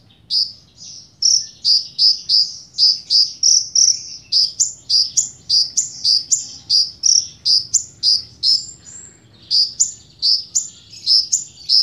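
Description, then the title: Bird song of bright, high chirps delivered in a steady, rapid series, with a brief pause before the final run. "Burung Kecil"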